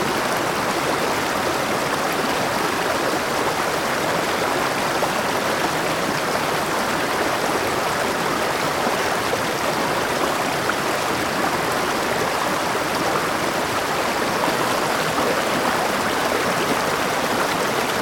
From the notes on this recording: the sound of a gentle running river deep in the Hawaiian rainforest